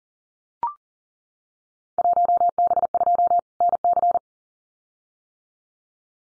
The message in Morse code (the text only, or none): 1B2 NC